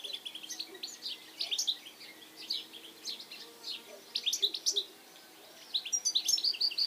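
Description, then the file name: European goldfinch calls: irregular bursts of high, chattering twitters with a short lull before a final quick tinkling flurry. "Carduelis carduelis"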